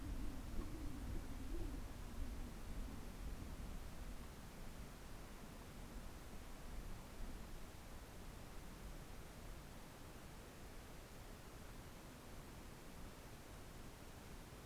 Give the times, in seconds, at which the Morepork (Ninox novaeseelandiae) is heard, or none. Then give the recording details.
none. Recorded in New Zealand on 4 June 2017. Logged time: 19:01. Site Taranaki